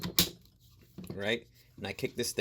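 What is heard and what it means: A power-tool battery pack is slid onto the battery mount of a cordless router to show its brake, and it locks into place with one loud, sharp click at 0.2 s. Someone then talks.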